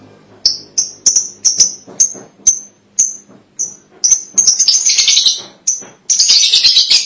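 Lovebird calls: sharp high chirps at a steady pace that build into dense, shrill, buzzy chattering toward the end.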